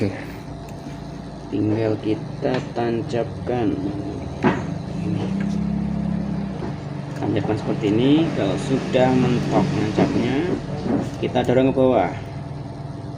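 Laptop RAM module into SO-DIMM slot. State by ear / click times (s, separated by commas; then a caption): not seated / none. A laptop RAM module is slid into its SO-DIMM memory slot on an ASUS X453S laptop and lined up before being pushed down. Someone talks throughout over a steady low hum. Nothing has seated or clicked yet.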